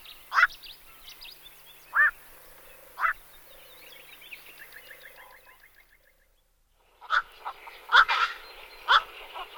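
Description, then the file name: Black-crowned night heron giving a few short, hoarse barking calls, a brief silence, then a cluster of louder croaks. "Golosa ptic - Kvakva Nycticorax nycticorax"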